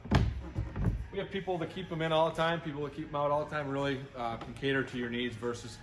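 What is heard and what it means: A removable storage pod is seated into its deck mount on a 2020 Lund 202 Pro-V GL boat, snapping and locking into place with a sharp knock at 0.2 s. Two softer knocks follow around 0.8 s, and then someone talks for the rest of the clip.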